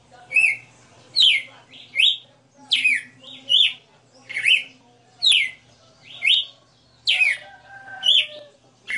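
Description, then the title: Red-cowled cardinal: a lively series of bright, rising and falling whistles, a little more than one each second, with occasional faint lower tones and a soft steady hum. Female bird singing live; the song is described as a 60-note song. "Canto Galo Campina Fêmea 02. Galo de Campina 60 NOTAS Cantando Ao vivo"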